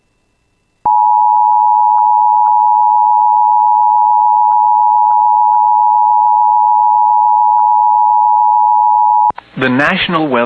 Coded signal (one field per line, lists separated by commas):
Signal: Emergency Alert System (SAME) tones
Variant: 853 and 960 Hz attention tone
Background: speech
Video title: [EAS] Severe Thunderstorm Expansion for Most of East Central Minnesota (6/29/26)